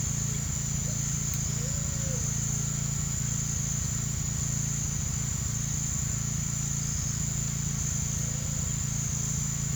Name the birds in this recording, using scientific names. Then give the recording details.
Patagioenas cayennensis, Tyrannus melancholicus. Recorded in pastures near Puerto Asís, Putumayo, Colombia, on 24 June 2025 at 08:00. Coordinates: 0.497, -76.327. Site G040